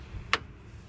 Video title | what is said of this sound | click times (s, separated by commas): Toyota Rav4 Front Turn Signal Parking Light Bulb Change Replacement 2012 and Others Similar | Hear it click? There it is. | 0.3 s